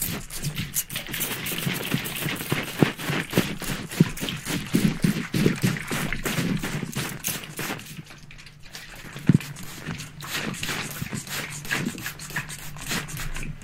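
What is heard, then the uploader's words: A spray bottle fires rapid, dense bursts of misty hissing nearly nonstop, easing briefly around eight seconds, with a sharp click near nine. Ultra Fast RAW Barbershop SPRAY Bottle Sounds.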